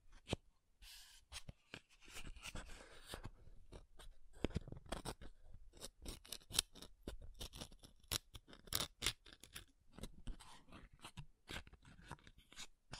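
Makeup tapping and scratching: quick, irregular taps and short scrapes follow one another densely for the whole stretch. Some strikes are sharp and bright, others dull and low, with brief quiet gaps near the start and a busier, louder run around four to five seconds.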